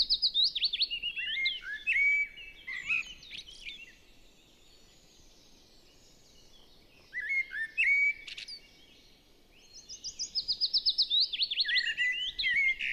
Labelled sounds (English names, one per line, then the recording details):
Common Blackbird song
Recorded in the wild
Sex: male
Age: adult
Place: Goriner Forst, Naturpark Barnim, Brandenburg, DE
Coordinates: 52.7036, 13.4906
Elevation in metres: 77
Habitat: deciderous forest
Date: 2014-04-27
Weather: cloudy, 10°C, windless
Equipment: Sound Devices 702, Sennheiser MKH 70, Rycote Windschutz
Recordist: Frommolt, Karl-Heinz